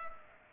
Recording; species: mosquito wingbeat signal from an infrared sensor; Culex pipiens